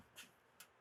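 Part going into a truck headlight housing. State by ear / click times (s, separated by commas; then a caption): not seated / none. A part is handled and lined up to go into the housing of a new headlight, modified with projector LED bulbs, on a 2012 Ford F-150 (12th generation) truck. Two brief, bright rustling handling sounds occur near 0.2 s and 0.6 s over a quiet background. Nothing has seated or clicked yet.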